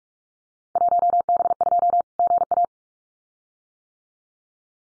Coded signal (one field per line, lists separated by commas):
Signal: Morse code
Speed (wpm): 44 wpm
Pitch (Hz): 700 Hz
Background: none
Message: 1B2 GA